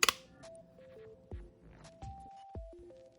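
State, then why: Seated. The adjustable handle on the body of a Lyman electronic trigger pull gauge is moved to the next position and locks into place with a sharp click at 0.0 s, followed by a second, quieter snap. A faint series of stepped tones and a few soft thumps continue to the end of the clip.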